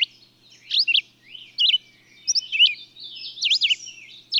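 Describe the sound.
Bird song: quick high chirps and sharp up-and-down notes in short bursts, with fainter twittering between, all high-pitched and clean.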